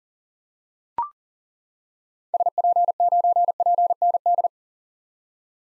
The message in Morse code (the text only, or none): SP9PND